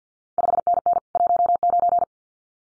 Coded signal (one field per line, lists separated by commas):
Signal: Morse code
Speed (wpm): 50 wpm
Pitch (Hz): 700 Hz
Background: none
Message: 5NN 19